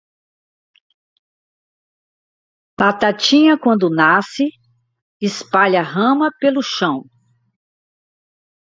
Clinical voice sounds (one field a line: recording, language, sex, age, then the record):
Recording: short text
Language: Brazilian Portuguese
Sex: female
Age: 60 to 69 years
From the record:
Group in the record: control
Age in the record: 68 years